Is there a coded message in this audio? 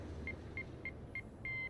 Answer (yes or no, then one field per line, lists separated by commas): no